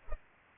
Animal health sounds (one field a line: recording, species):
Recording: mosquito wingbeat signal from an infrared sensor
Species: Culex pipiens